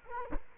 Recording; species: mosquito wingbeat signal from an infrared sensor; Culex quinquefasciatus